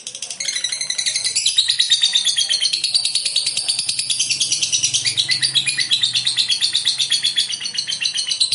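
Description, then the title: Lovebird song: a sustained, rapid chatter of high buzzy notes, evenly repeated and unbroken throughout. "Suara Lovebird"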